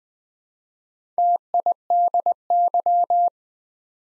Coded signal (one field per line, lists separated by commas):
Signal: Morse code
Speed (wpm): 20 wpm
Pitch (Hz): 700 Hz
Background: none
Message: TIDY